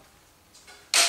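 The hardwood backrest frame of a Milan 3-seater clic-clac futon sofabed is lifted on its click-clac hinge mechanism until the ratchet engages. After a quiet stretch with two faint soft sounds, a single sharp, bright click rings out at 0.9 s. The ratchet clicks into position and the backrest is seated.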